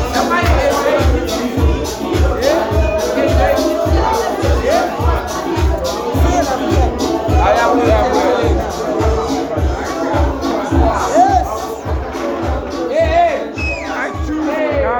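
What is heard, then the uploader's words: A busy local sports bar, with dense, overlapping conversation filling the room. A steady, thumping bass beat pulses about twice a second throughout, likely background music. Voices rise and fall but the din stays constant for the whole stretch. In this episode I head out to a local sports bar, as one does during the blackouts.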